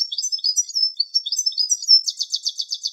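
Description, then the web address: European goldfinch twittering: quick high liquid chirps and tinkling notes for two seconds, then a fast buzzy rattling series of repeated notes. "Carduelis carduelis"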